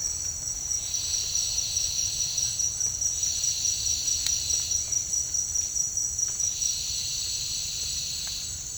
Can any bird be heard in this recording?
no